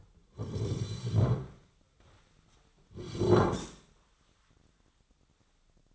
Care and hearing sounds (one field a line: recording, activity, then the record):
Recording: daily activity, microphone in the room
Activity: sit down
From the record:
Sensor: 3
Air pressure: 1009.2 hPa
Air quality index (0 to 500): 180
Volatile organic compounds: 3 ppm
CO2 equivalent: 1456 ppm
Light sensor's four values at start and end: 43/112/50/51 and 44/111/49/50